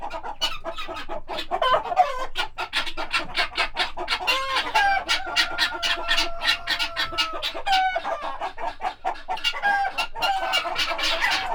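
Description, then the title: Guineafowl giving harsh, rapid, grating chatter from several birds at once, with a few drawn-out tonal calls overlapping the dense pulsing. Agitated domestic guineafowl at Monsieur Friard's farm, Groslée-Saint-Benoit, France, in the morning; recorded in ORTF stereo with Sennheiser MKH8040 and SD MixPre 6. "Ferme de Monsieur Friard - Groslée-Saint-Benoit, France - Pintades vénères"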